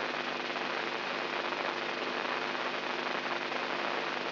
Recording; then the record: brain microelectrode recording played as sound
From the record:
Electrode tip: inside the subthalamic nucleus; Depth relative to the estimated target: -3.5 mm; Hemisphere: right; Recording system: AlphaMap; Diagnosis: Parkinson's disease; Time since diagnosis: 11 years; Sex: male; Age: 67 years